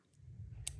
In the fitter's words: as a satisfying clicking sound and overall it feels high quality